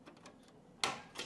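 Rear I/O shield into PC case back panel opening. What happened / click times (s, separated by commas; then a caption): The metal shield clipped into the panel opening / 0.8 s. A metal rear I/O shield is pressed into the back opening of a PC case, with faint light ticks and scrapes at first. A sharp, bright click at 0.8 s marks its edge clipping in, followed by a smaller click near 1.2 s. The shield is seated.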